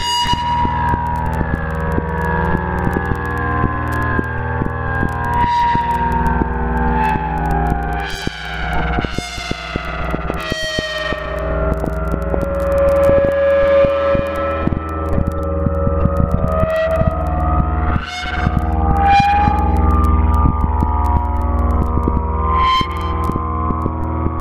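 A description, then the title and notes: Glitchy granular sound with gliding, siren-like pitches over a dense low rumble, punctuated by frequent clicks and bright bursts throughout. Glitch sounds with grain durations calculated according to a fractal system. All sounds are created and performed live in SuperCollider.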